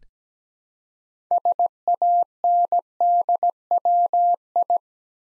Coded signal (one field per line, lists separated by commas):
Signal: Morse code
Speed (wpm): 17 wpm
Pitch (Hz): 700 Hz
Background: none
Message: SANDWI